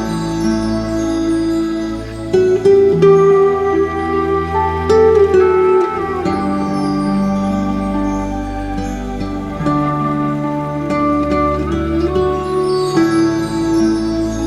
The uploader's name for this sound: Chakra Meditation Music and Relaxing Nature Sounds